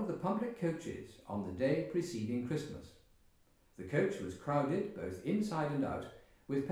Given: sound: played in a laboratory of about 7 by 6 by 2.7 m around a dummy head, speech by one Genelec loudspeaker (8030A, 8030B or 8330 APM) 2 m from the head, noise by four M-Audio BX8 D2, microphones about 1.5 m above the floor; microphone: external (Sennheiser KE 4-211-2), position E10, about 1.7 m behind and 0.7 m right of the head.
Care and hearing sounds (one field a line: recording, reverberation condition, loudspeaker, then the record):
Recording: male speech in English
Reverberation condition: medium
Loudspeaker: 150 degrees to the left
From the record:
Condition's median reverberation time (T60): about 510 ms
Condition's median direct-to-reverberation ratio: about -0.5 dB